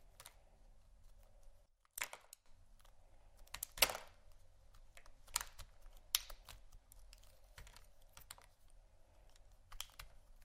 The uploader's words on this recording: ASMR Soap & Candle Carving （No Talking）.